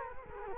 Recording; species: mosquito wingbeat signal from an infrared sensor; Culex quinquefasciatus